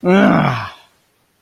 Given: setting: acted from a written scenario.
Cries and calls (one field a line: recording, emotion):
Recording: vocal sound without words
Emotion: disappointment